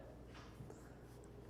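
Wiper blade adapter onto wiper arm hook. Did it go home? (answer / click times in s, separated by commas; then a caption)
no / none. A new wiper blade adapter is being slid onto the J-hook of a wiper arm and pushed up toward its locked position. Brief handling noises are heard around 0.7 s and 1.2 s over a steady low background hum. Nothing has seated or clicked yet.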